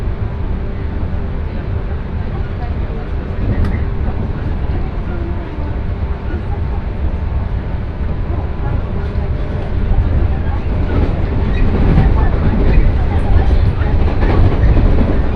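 A train ride on the Sanyo Main Line from Kurashiki to Fukuyama: a steady, dense rumble of the moving train with a faint humming tone running underneath. A brief click comes near four seconds, and the noise grows louder and rougher after about ten seconds.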